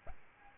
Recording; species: mosquito wingbeat signal from an infrared sensor; Aedes albopictus